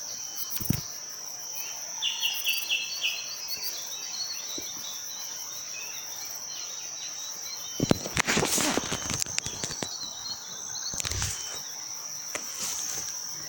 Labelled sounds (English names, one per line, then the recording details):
White-bellied Robin-chat
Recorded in Bwindi, Uganda